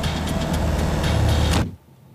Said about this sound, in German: Ein Wagen erwartet sie. Laufender Motor, offene Tür.